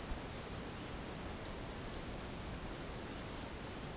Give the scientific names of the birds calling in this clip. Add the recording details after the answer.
none. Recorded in dense forest near Puerto Asís, Putumayo, Colombia, on 18 February 2024 at 09:30. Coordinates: 0.486, -76.316. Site G6437